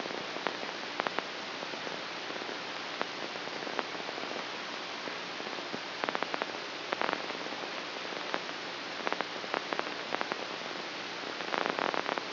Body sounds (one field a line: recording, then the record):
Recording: brain microelectrode recording played as sound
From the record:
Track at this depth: inside the subthalamic nucleus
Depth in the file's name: 1.529 mm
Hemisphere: right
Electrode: 2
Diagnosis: Parkinson's disease